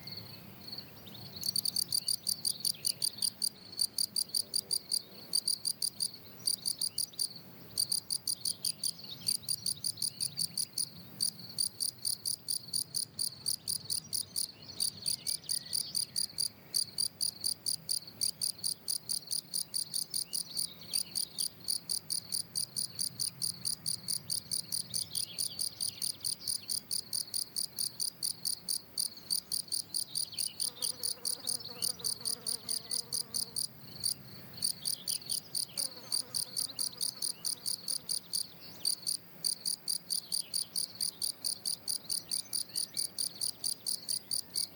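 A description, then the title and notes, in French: A lone field cricket sings in a steady, even rhythm, its bright, shrill chirps repeating rapidly and without pause from the first second to the end. A faint low rumble sits underneath, and soft calls briefly appear around the half-minute mark. Un grillon champêtre. Plateau de Lesches en Diois - Nagra seven - mkh8040. Grillons champêtres (Gryllus campestris). Voici un individu assez isolé et beau chanteur ou plutôt bruiteur, bien en rythme en cette journée qui s'annonce très chaude, il est 10h00 et il fait déjà 23°.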